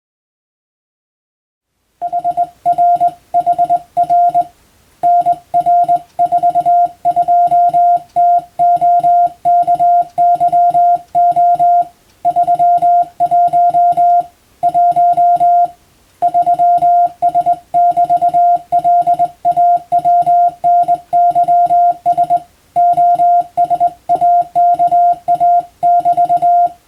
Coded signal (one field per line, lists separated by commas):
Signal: Morse code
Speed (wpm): 20 wpm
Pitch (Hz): 700 Hz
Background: music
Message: HRHR NR42 TOKYO 31 1 3S <BT> LAWNYS OSAKA <BT>